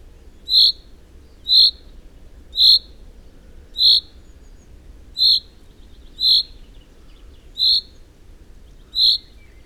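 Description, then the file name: Common chaffinch uttering a regular series of brief clear call notes, roughly one per second, eight in all, with little else audible beyond faint background noise. "Common-Chaffinch- -Fringilla-coelebs"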